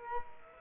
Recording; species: mosquito wingbeat signal from an infrared sensor; Culex quinquefasciatus